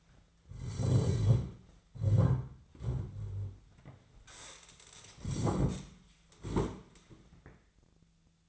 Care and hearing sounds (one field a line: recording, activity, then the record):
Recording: daily activity, microphone in the room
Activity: sit down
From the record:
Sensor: 3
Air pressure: 1008.1 hPa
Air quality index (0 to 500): 192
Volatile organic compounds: 14 ppm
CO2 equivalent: 2461 ppm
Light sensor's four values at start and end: 13/31/13/13 and 12/30/12/12